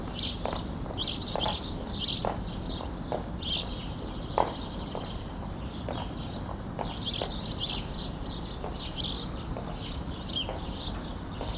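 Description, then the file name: House sparrow chirps in lively overlapping bursts, thinning in the middle and then building again, with scattered footsteps or tapping sounds. "Passer domesticus"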